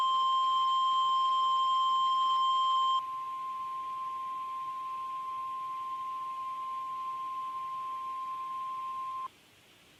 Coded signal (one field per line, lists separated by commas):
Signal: Emergency Alert System (SAME) tones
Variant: 1050 Hz attention tone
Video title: WXL61 2013 Iowa Tornado Drill Tests (EAS #47-48)